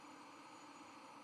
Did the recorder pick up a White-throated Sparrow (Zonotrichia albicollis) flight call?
no